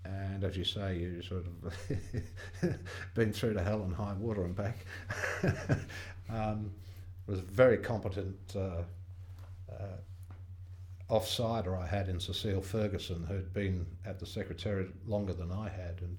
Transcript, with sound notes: and as you say, you sort of [laughs] been through to hell and high water and [laughs] It was a very competent offsider I had in Cecile Ferguson who’d been at the secretariat longer than I had, and